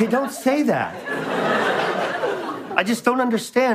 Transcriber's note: laughter